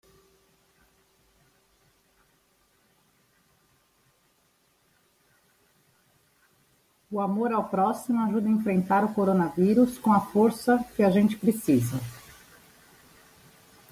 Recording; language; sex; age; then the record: spoken sentence; Brazilian Portuguese; female; 40 to 49 years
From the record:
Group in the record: control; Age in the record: 48 years